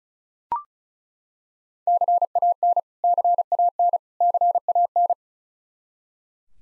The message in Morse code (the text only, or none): CAN CAN CAN